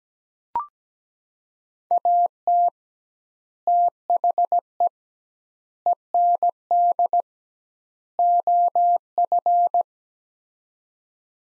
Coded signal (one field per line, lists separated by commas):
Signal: Morse code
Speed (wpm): 17 wpm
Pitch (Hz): 700 Hz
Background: none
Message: AT THE END OF